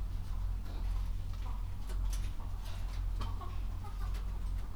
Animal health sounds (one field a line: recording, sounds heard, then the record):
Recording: poultry house recording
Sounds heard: healthy chickens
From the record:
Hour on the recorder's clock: 22